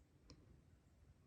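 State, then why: Seated. A plastic ink cartridge is pushed onto the feed nipple inside the grip section of a Kaweco Sport Iridescent Pearl fountain pen, newly swapped from an M nib to a BB nib, until it pierces and seats. A single short, bright click at 0.3 s stands out over a quiet, steady low background. The cartridge is seated.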